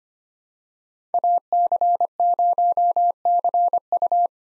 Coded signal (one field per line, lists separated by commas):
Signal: Morse code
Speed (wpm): 25 wpm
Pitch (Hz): 700 Hz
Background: none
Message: AC0CU